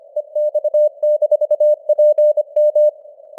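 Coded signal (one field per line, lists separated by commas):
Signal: Morse code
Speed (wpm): 25 wpm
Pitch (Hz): 600 Hz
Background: none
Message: EX-PM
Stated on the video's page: Morse news headlines at 25 wpm with simulated radio noise and varying signal strength (QSB).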